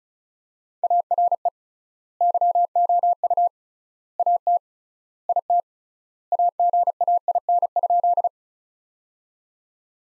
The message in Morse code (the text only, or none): ARE YOU AT IT AGAIN?